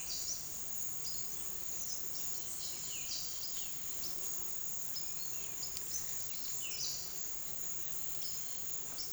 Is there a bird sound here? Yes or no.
yes